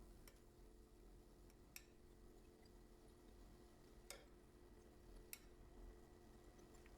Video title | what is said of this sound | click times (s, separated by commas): iPhone 15 / iPhone 15 Plus Housing Replacement... Full Guide for Beginners | You hear the click. Think they should be good. | 1.8 s, 4.1 s, 5.3 s